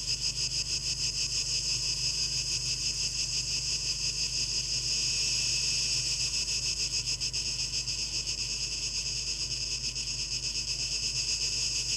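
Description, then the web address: Cicada chorus of high, shimmering buzz that swells louder around the middle and then eases, over a steady low hum. 12 August 2023; tape echo mix. "rauschpartikel 2023-08-12 Zikaden"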